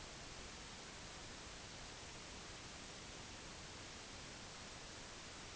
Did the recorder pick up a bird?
no